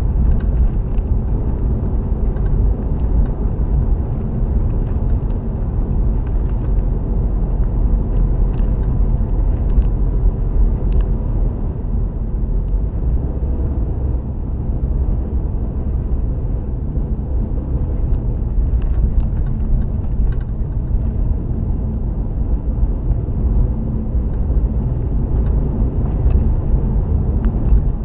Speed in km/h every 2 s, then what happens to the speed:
55, 55, 52, 48, 48, 47, 47, 47, 45, 45, 47, 52, 52, 53.
0-16 slows to 45.